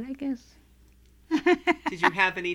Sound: she laughs

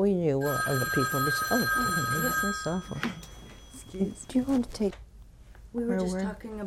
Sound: a telephone rings

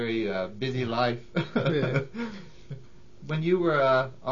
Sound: laughter

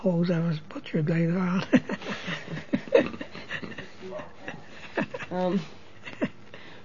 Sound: laughs

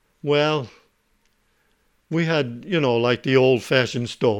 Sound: none

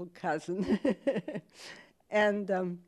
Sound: laughs

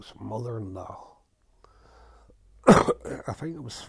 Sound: he coughs

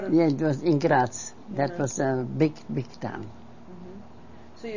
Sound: none

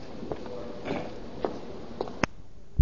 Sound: footsteps heard on tape

